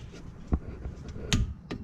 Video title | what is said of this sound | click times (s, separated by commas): 2013 Subaru Crosstrek Brake pad and Rotor Replacement | there we go we got a little click | 1.3 s